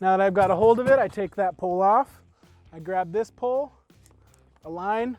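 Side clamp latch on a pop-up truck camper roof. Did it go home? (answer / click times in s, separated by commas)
no / none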